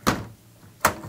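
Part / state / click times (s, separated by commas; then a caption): privacy door latch into its frame catch / seated / 0.9 s. A shower privacy door in the bathroom of a 2006 Itasca Horizon 40KD motorhome is slid closed, with a thump at 0.1 s and then a sharp click at 0.9 s as the door latch snaps into its frame catch. The door is latched shut and locked in place.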